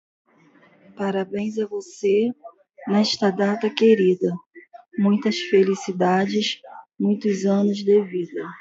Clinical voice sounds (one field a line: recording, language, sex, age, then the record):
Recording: short text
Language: Brazilian Portuguese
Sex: female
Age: 40 to 49 years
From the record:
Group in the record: control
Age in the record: 43 years